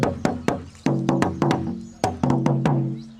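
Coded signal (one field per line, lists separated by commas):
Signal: talking drum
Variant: Asante atumpan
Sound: about ten resonant drum strokes in a quick rhythm, low pitch rising and falling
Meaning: Drummed Asante saying: when you kill 1,000, 1,000 will come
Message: Asante Kotoko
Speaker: Asante Kotoko. Asante Kotoko. So that one saying, when you kill 1,000, Yeah. 1,000 will come.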